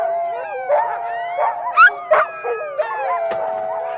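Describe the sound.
Dogs howling together in wavering, sustained tones, with brief sharp yelps and rising yips cutting through the chorus.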